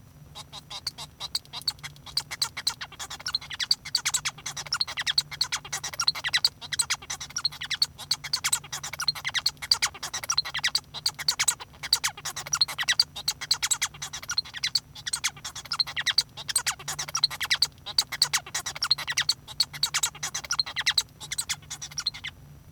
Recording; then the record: song of a male Bengalese finch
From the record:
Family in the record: son of father 1